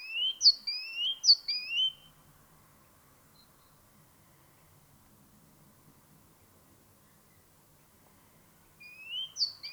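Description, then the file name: Great tit song, ringing two-note whistles repeated quickly for two seconds, a long quiet gap, then the same phrase resuming at the end. "Parus major"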